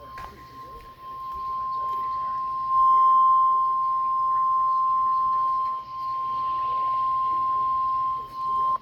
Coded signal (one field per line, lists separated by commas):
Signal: Emergency Alert System (SAME) tones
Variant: 1050 Hz attention tone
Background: speech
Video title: I just wanted to record the storm... EAS 241